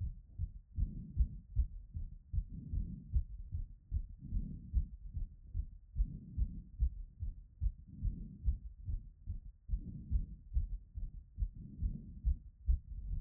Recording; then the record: heart sounds by stethoscope after running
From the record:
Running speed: 7 mph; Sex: female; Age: 30 to 39 years